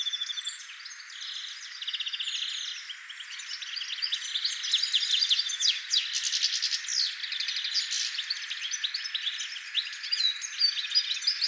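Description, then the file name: European goldfinch chattering in a bright, jangling stream of quick notes and brief buzzy rattles, continuous and steady throughout. "Carduelis carduelis"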